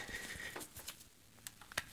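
A gas line end connector is handled against a keg's gas fitting, with light rustling and small scrapes followed by two brief sharp ticks near 1.5 and 1.8 seconds. Nothing has seated or clicked yet; the connector is not yet home on the fitting.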